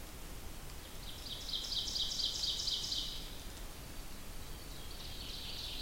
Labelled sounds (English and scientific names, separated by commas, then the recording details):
Ovenbird (Seiurus aurocapilla) song
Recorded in boreal forest in Alberta, Canada, on 2 June 2016 at 06:30
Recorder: SongMeter 3, array SBT-3-7
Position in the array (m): 51 m, 148 m
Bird 4